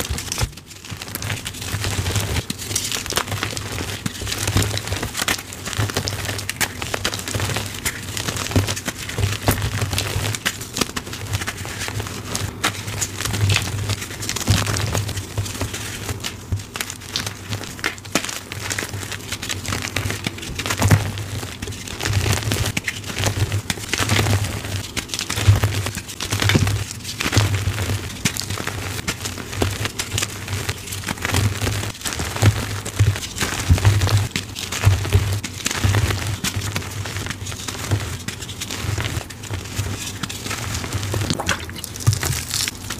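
Dyed gym chalk is crushed in soft, crispy, powdery crunches that come in a steady, dense stream for the whole 43 seconds, with frequent sharper crackles scattered throughout. A low, constant hum sits underneath the crunching.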